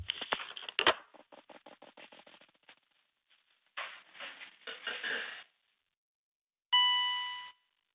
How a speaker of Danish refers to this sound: Den der bip, der, det er ligesom sådan en ubådsping. Hør det? Jo, det er det faktisk.